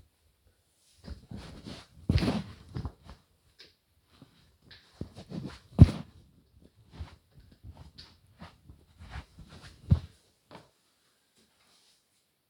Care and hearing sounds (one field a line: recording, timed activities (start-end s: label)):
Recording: household activities, microphone on the right wrist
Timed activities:
0.00-2.38 s: washing hands